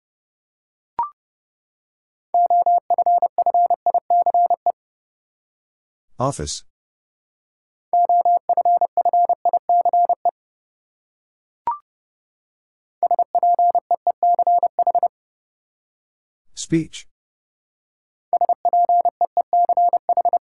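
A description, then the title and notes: Morse code beeps at one steady mid pitch, sent in fast bursts of short and long tones around 2–5, 8–10, 13–15 and 18–20 seconds. A brief click starts each round, and a short rustling noise falls between bursts near 6 and 17 seconds. Six Letter Words - 30wpm. First, the word is sent in Morse code.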